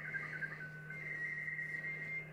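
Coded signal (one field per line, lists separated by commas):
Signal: SSTV (slow-scan television)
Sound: brief warbling tones, a steady tone, then rapid two-tone chirping near 2 kHz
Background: low hum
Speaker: we just got the end tail of this one but if you keep on 14 to30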